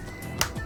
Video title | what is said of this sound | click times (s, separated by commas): 📱 Samsung Galaxy A03s Screen Replacement Tutorial (SM-A037U) | And there it is, you just heard that pop. | 0.4 s